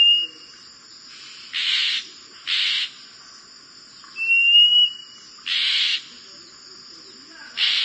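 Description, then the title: Oriental magpie-robin song: two clear whistles, each followed by short harsh, scratchy bursts. "Oriental Magpie-Robin (Copsychus saularis)"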